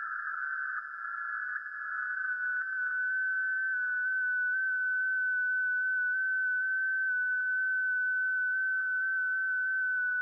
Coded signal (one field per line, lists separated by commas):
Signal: FT8